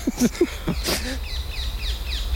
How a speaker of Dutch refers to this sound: Terwijl de halsbandpakieten ons nu hier om de oren vliegen. Ja, die waren er destijds niet natuurlijk.